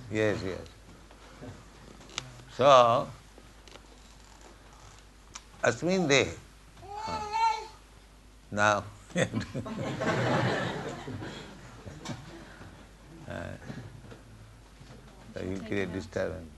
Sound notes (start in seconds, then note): 6.8 child cries again; 9.1 laughter